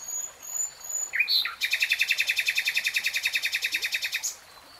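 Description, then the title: Nightingale song: a few varied whistles, then a loud rapid rattling trill of rich repeated notes lasting nearly three seconds. "[Tiếng chim hót] Nightingale Singing"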